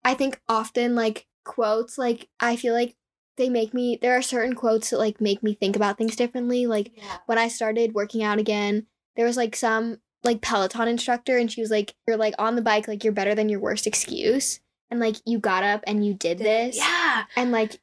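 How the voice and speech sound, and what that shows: A young woman speaks fluently and casually, with frequent "like" fillers and ordinary voice quality, which is normal speech.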